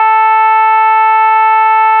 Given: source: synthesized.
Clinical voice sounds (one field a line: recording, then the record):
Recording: sustained vowel /a/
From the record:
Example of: shimmer, setting 5